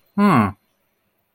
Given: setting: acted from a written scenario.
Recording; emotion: vocal sound without words; confusion